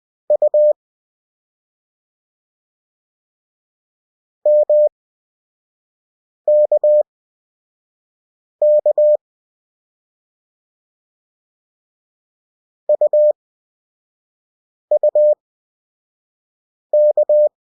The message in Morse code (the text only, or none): U MKK UUK